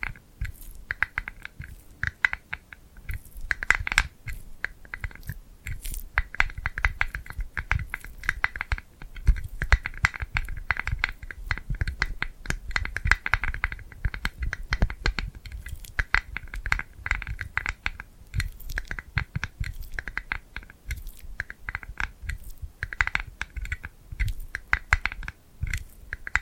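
Sticky glued hands make a dense, continuous run of quick crackling taps and peels, steady throughout with bright clicks and low thumps.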